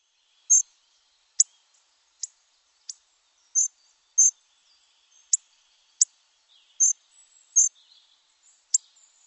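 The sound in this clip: Bird calls: very high, short double notes mixed with sharp clicks, repeated irregularly about once a second.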